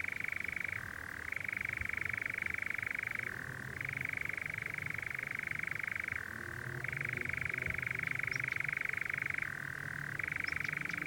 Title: Sound Escape. the mesmerising churring of a nightjar on a summer's night